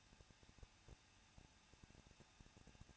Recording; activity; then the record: daily activity, microphone in the room; no activity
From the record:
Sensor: 2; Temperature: 21.0 degrees Celsius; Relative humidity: 37.3%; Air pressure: 1006.3 hPa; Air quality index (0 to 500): 221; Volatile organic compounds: 23 ppm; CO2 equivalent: 2793 ppm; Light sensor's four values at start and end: 2/3/2/2 and 2/3/2/2